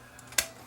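The plastic cassette door on a Sony CCD-TR94 camcorder, one that shuts down a few seconds into playback, is pressed on its side until its clip snaps into the camcorder body. A faint tick comes at 0.2 s, then a sharp, bright snap at 0.4 s that fades quickly. The side clip is seated.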